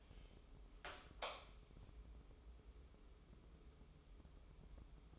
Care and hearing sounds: daily activity, microphone in the room; light on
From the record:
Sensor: 1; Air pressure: 995.3 hPa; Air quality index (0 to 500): 25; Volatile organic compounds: 0 ppm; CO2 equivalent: 503 ppm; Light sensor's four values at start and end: 10/25/10/11 and 10/25/10/11

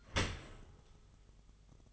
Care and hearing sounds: daily activity, microphone in the room; open dishwasher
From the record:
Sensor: 4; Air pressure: 1005.5 hPa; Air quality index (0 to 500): 105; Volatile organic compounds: 2 ppm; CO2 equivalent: 1310 ppm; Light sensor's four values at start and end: 11/26/10/10 and 11/25/10/10

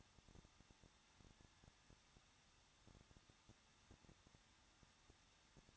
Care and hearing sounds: daily activity, microphone in the room; no activity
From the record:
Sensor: 3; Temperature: 21.2 degrees Celsius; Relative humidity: 36.3%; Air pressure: 1006.3 hPa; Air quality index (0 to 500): 221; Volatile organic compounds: 40 ppm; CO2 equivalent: 3154 ppm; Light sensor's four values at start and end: 2/3/2/2 and 2/3/2/2

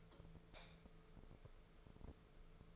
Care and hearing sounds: daily activity, microphone in the room; light off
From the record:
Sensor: 5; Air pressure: 1014.8 hPa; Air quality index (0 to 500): 169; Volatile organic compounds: 6 ppm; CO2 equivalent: 1855 ppm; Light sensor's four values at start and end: 113/271/116/128 and 112/265/114/125

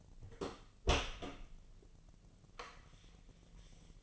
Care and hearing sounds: daily activity, microphone in the room; open door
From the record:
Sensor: 4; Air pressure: 1002.2 hPa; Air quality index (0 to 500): 248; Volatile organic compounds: 41 ppm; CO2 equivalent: 3172 ppm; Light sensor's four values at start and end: 10/21/8/8 and 9/21/8/8

